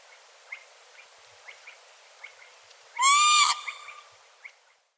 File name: chibis-obyknovennyy-golos onbird ru